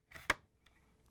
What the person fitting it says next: Did you hear the click? That's it locked into the cutout into the rail, so it's secured.